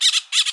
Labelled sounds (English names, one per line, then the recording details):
Brown-throated Parakeet contact call
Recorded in Bonaire
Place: just S of turnoff to Cai, near Lac Bay
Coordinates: 12.126, -68.239